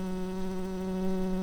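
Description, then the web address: Tree bumblebee buzzing, a steady, even drone with rich overtones holding one pitch throughout, with no other sounds. Workers. "Hypnorum workers"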